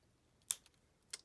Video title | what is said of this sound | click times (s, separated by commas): How to Fix Analog Stick Drift in PS5, Controller Sticking and Drifting. (Cleaning Method) | You can pop them back in, and once you hear it pop, | 0.5 s